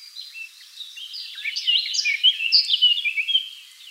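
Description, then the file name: Eurasian blackcap, quiet opening notes building into a dense, fast warble of tumbling, chattering phrases. "Sylvia atricapilla"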